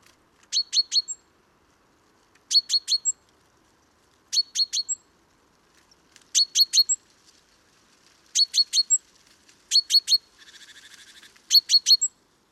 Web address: SETE data Parus major